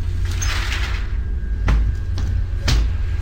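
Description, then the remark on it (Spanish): The window of a room facing the patio is pushed shut, landing with a heavy thud and a couple of softer knocks, spaced about half a second apart over a steady low rumble. “Cierra la ventana de la pieza que da al patio.”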